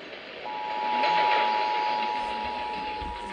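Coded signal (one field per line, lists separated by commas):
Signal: Emergency Alert System (SAME) tones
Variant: 853 and 960 Hz attention tone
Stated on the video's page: AMBER Alert aired on a California broadcast station, issued by the California Highway Patrol.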